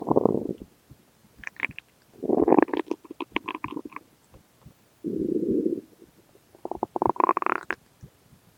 Stomach noises.